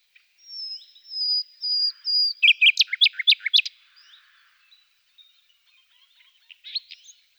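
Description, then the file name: Common nightingale song: a series of long, pure whistled notes leading into a fast burst of loud, sharp chattering notes, then quieter scattered phrases. "Fülemülék"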